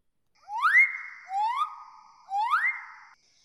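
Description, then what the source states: Riflebird whoop notes, three pure whistles that each swoop upward and then hold steady, the middle one lower, all within three seconds. Very pure whoop note used in the mating display to advertise to females; meant to carry a long distance through jungle.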